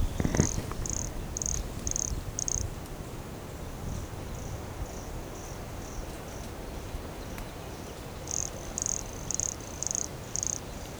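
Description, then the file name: Pumpkin toadlet giving high, short buzzy notes in a steady series, loud at the start and end with quieter notes between, a brief knock at the beginning. Recorded at Morro do Canal in January 2017, 150 cm from the microphone. "Brachycephalus sulfuratus Morro do Canal 150 cm from microphone LFRibeiro JAN-2017"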